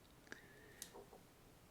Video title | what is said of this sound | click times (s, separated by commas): How to Maintain and Disassemble the Kershaw Concierge Pocketknife. Fablades Full Review | it just snaps in place which is | 0.3 s, 0.8 s